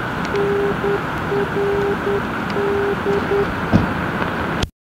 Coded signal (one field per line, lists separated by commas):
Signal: Morse code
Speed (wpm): 10 wpm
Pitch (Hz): 400 Hz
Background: none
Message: NRD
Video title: NDB Beacon - Inowrocław (NRD) 444KHZ received in Toruń 27.05.2018